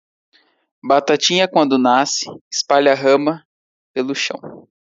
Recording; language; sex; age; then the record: short text; Brazilian Portuguese; male; 20 to 29 years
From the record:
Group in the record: control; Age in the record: 24 years